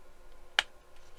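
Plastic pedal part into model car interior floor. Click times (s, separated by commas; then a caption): 0.6 s. A plastic pedal part for the interior of a Fanhomes '89 Batmobile scale model car, with a little oil on its four pegs, is pressed onto its mount in the interior floor until it snaps home. A single sharp, bright click sounds at 0.6 s over low background noise, followed by a much fainter tick near 1.2 s. The pedal part is seated.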